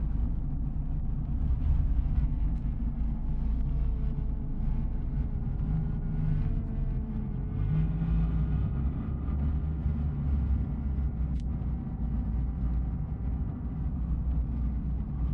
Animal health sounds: honeybee colony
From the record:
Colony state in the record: missing queen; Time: day

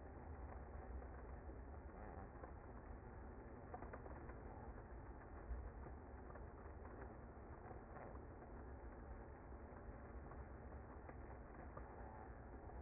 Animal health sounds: honeybee colony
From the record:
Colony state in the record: active

